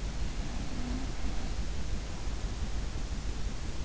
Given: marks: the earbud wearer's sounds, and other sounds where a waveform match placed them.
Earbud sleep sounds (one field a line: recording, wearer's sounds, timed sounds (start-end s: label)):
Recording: sounds in sleep by an in-ear microphone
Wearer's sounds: breath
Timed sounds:
0.06-3.26 s: breath